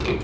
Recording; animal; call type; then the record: contact call of a hoofed animal; pig; closed-mouth grunt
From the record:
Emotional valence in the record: positive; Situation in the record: food and toys in familiar pen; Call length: 0.24 s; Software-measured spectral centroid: 2240 Hz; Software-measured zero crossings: 1630 a second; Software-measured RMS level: -24 dBFS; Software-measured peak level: -15 dBFS